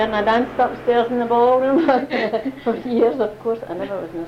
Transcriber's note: laughs